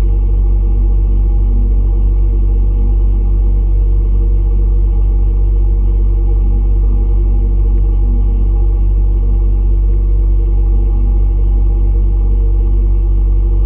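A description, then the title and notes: A steady, unchanging room tone recorded inside a house: a deep hum with several stacked sustained pitches that hold at an even level for the whole stretch. The sound is dark, with nothing bright on top. Two faint ticks occur around eight and ten seconds. Five tones recorded before dismantling a home in Sussex.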